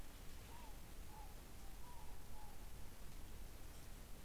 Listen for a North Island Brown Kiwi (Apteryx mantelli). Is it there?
no